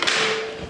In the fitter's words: that's the click you would be listening for.